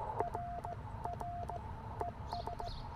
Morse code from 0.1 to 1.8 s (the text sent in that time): RR